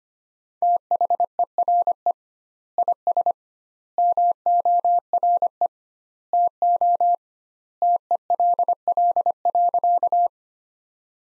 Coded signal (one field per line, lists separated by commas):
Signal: Morse code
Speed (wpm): 25 wpm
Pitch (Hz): 700 Hz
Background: none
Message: THERE IS MORE TO TELL.